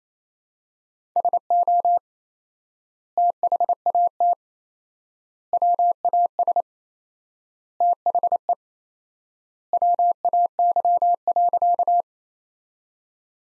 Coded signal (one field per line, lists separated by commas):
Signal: Morse code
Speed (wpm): 28 wpm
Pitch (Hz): 700 Hz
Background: none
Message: SO THAT WAS THE WAY.